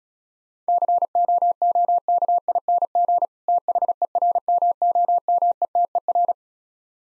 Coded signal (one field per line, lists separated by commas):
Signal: Morse code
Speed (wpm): 36 wpm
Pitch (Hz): 700 Hz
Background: none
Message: COOKING THERMOMETER